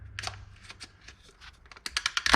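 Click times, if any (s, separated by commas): 1.9 s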